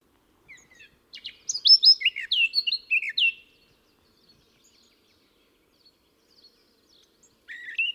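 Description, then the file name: Eurasian blackcap singing a short, lively warble of varied chirping and fluty notes lasting about two seconds, a pause, then the start of another phrase near the end. "Sylvia atricapilla"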